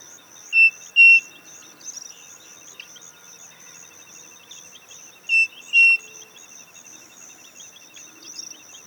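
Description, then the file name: Bird calls: two loud, clear whistled notes, the second longer, given twice about five seconds apart over a steady high insect-like trilling chorus. "SABIOD 50 bird 2015"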